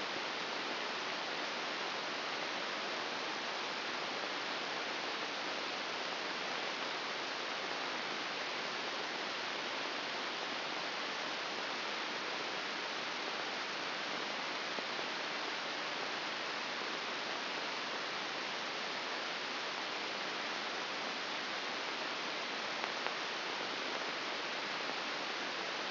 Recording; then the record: brain microelectrode recording played as sound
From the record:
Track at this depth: outside the subthalamic nucleus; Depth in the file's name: 6.398 mm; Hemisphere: left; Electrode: 2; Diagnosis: Parkinson's disease